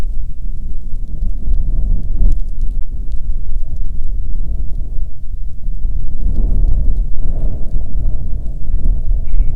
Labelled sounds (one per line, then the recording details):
grouse or ptarmigan
wind
rain
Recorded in the Prudhoe Bay oil fields, Alaska, on 5 June 2019 at 00:02
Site 13